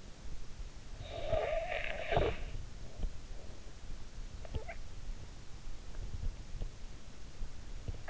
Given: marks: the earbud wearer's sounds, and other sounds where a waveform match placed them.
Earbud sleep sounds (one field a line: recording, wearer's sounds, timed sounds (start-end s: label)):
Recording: sounds in sleep by an in-ear microphone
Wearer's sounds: snoring breath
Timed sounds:
0.91-2.66 s: snoring breath